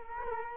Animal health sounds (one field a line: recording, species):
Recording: mosquito wingbeat signal from an infrared sensor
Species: Culex quinquefasciatus